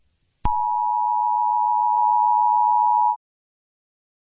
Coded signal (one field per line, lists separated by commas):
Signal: Emergency Alert System (SAME) tones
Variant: 853 and 960 Hz attention tone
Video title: SCP-173 incident-5-eas-tape